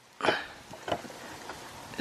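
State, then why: Not seated. A plastic sidemarker light housing is pushed into the body panel hole of a 2016+ Honda Civic fender, making a loud press-and-scrape burst at 0.2 s, a short knock at 0.9 s, and a softer rubbing sound near 1.9 s. The housing does not pop in, and nothing has seated or clicked yet.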